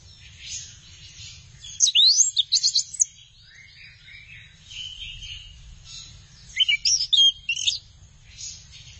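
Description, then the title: Thrush song: quiet continuous warbling broken by two loud bursts of sharp, rapid whistled notes around two and seven seconds, over a steady low hum. "burung anis x"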